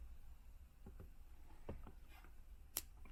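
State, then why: Seated. A microphone's plastic plug is pushed firmly into the mic socket of a Vhedia X series head unit being installed in a 2014–2017 Toyota Prado. After a few soft handling taps, a sharp click at 2.8 s marks the plug locking into place, fully seated and connected.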